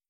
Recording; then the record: hydrophone in a shrimp aquaculture tank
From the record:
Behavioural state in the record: feeding